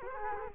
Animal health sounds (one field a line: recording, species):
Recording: mosquito wingbeat signal from an infrared sensor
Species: Culex quinquefasciatus